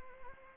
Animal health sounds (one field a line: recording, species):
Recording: mosquito wingbeat signal from an infrared sensor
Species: Anopheles arabiensis